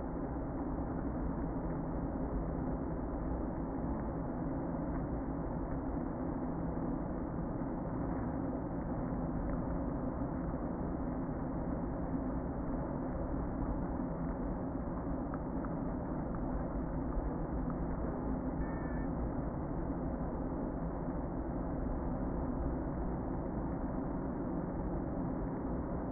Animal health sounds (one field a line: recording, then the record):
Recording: honeybee colony, microphone inside the hive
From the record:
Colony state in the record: queen present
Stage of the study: before two queens were removed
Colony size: about 60,000 bees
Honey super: yes